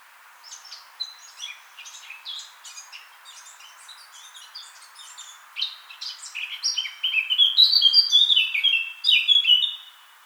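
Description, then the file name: Eurasian blackcap singing: a long, soft, chattering and scratchy warble that gradually grows louder into a rich run of clear, fluty whistled phrases. "Sylvia atricapilla"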